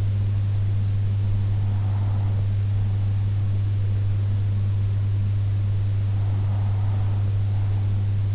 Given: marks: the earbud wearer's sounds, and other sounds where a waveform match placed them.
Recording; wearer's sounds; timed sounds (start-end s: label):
sounds in sleep by an in-ear microphone; breath
1.36-3.36 s: breath
6.36-8.35 s: breath